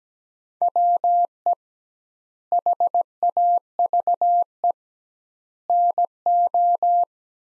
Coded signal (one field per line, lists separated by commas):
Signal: Morse code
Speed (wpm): 17 wpm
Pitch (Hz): 700 Hz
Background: none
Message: WE HAVE NO